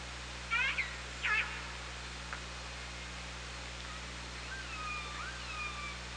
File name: Orca Lab UTLN 20170824 172058 h 3 PI ORCALABDYNI